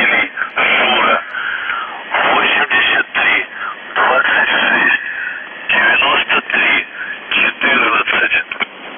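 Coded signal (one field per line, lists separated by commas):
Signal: numbers station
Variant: UVB-76, Russian voice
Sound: a voice reading short phrases in bursts with pauses through noisy, band-limited shortwave audio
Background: radio static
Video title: The Buzzer/UVB-76(4625Khz) August 9, 2021 15:36UTC Voice message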